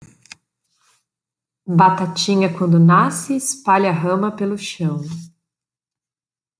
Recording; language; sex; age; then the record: short text; Brazilian Portuguese; female; 30 to 39 years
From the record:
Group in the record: control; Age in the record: 33 years